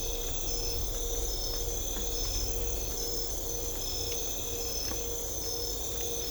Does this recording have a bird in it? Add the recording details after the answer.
no. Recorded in secondary vegetation near Puerto Asís, Putumayo, Colombia, on 21 December 2024 at 03:30. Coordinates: 0.500, -76.326. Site G065